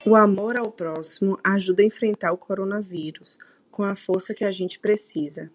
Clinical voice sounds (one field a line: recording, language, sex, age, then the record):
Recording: spoken sentence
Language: Brazilian Portuguese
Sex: female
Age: 20 to 29 years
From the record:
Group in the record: control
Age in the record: 27 years